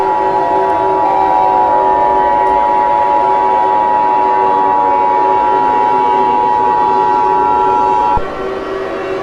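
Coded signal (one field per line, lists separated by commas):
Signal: Emergency Alert System (SAME) tones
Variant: 853 and 960 Hz attention tone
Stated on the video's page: Fictional EAS scenario.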